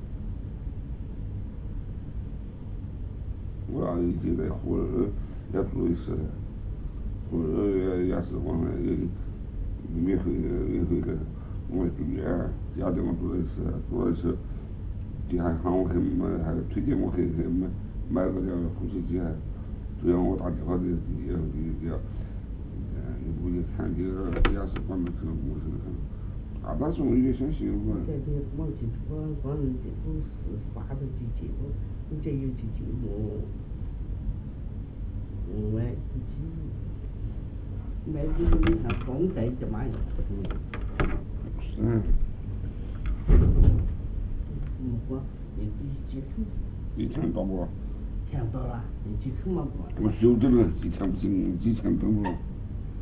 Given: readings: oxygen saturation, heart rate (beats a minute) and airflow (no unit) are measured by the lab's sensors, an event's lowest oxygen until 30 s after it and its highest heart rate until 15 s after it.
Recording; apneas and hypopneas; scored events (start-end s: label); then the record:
a person awake in a sleep study, by a smartphone at the bedside; none
0.00-53.02 s: awake
From the record:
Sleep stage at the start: awake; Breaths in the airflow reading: 19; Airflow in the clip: -1.6 to 1.1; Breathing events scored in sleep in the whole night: 449 in 7.0 hours asleep